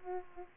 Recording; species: mosquito wingbeat signal from an infrared sensor; Aedes aegypti